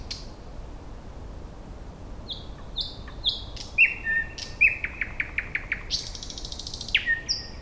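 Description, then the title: Thrush Nightingale song: sharp clicks and clear whistled notes, then a fast rattling series of repeated notes, a buzzy churring burst and a final whistle, against steady background hiss. "Nightingale (Luscinia luscinia)"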